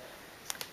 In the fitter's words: and this silicone and that snaps into place